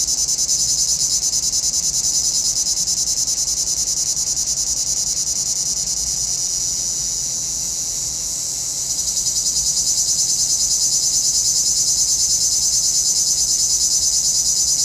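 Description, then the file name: High cicada buzz pulsing about three times a second; around the middle the throbbing smooths into a softer steady hiss, then the pulsed drone returns. Cicadas in a pinewood. "Relaxing Music Therapy - Sounds from a Pinewood Cicadas"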